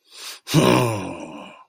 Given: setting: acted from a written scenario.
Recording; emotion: vocal sound without words; anger